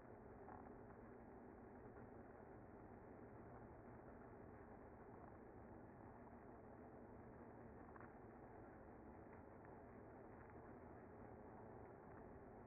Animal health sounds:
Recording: honeybee colony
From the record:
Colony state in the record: active

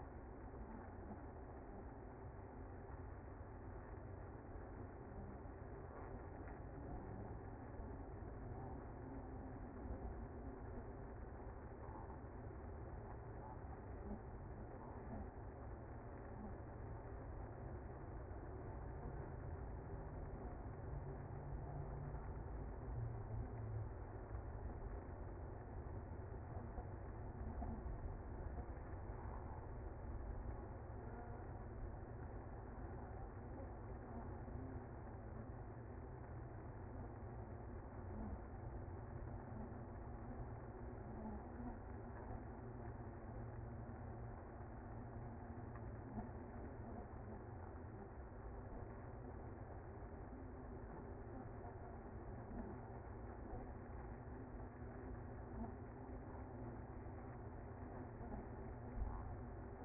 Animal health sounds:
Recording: honeybee colony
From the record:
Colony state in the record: active

